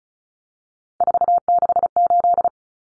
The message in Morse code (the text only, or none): 468